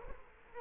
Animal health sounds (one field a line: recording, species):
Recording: mosquito wingbeat signal from an infrared sensor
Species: Culex quinquefasciatus